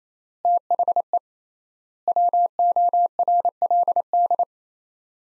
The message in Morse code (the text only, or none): THE WORLD